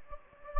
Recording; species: mosquito wingbeat signal from an infrared sensor; Anopheles gambiae